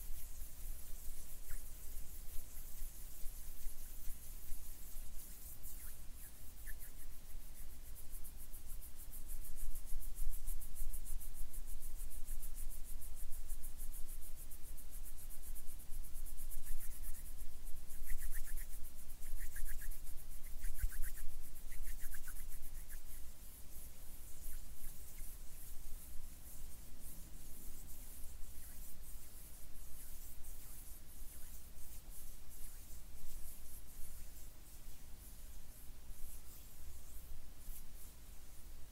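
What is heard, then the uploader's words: Hands rub and brush against each other in a soft, continuous scraping texture that stays fairly even throughout. The friction swells slightly around ten to twenty seconds, with a few brief squeaky touches near eighteen to twenty-two seconds, over a low steady hum. ASMR HAND SOUNDS NO TALKING.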